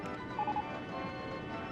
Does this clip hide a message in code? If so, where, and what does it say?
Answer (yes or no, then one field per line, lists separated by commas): no